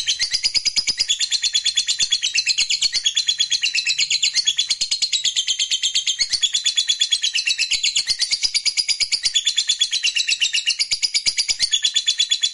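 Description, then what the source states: Lovebird singing a long, unbroken stream of rapid, high chattering twitters with scratchy, buzzy notes throughout. Fighter lovebird singing energetically (gacor).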